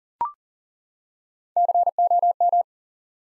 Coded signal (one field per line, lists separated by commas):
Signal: Morse code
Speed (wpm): 40 wpm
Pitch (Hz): 700 Hz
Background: none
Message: COM